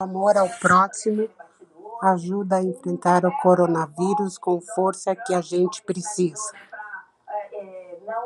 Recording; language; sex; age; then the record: spoken sentence; Brazilian Portuguese; female; 60 to 69 years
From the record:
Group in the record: control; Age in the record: 69 years